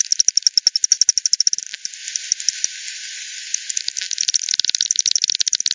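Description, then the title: Bat echolocation pulses: a quick run of ticks, a short quiet hiss, then clicks building again into a rapid, dense train. Multiple bats at Hogsmill River, Hogsmill Lane, 7 October 2020 at 18:10; recorded with a frequency-division bat detector, bandpass filtered and resampled. "bat 20201007 T 18 : 10 Z-Hogsmill-Lane-Hogsmill-River-multiple-bats"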